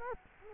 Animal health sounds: mosquito wingbeat signal from an infrared sensor; Culex quinquefasciatus

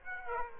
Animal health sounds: mosquito wingbeat signal from an infrared sensor; Aedes aegypti

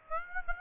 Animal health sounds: mosquito wingbeat signal from an infrared sensor; Aedes aegypti

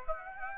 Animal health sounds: mosquito wingbeat signal from an infrared sensor; Aedes aegypti

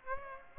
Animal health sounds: mosquito wingbeat signal from an infrared sensor; Aedes aegypti

